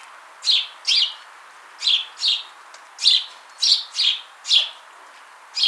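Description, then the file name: House sparrow chirping: several single and paired chirps over a faint steady hiss. "Passer domesticus"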